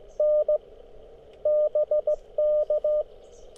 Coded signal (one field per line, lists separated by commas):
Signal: Morse code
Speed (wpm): 19 wpm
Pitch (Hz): 600 Hz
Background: radio noise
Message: N BK